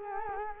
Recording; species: mosquito wingbeat signal from an infrared sensor; Culex quinquefasciatus